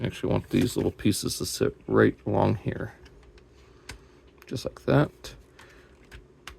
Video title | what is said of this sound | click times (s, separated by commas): Ocular Max - Perfection Series -- PS-17E Fortiflex (RID 2001 Armorhide / Car Robots Dangar) | And those will lock into place. There we go. | 6.5 s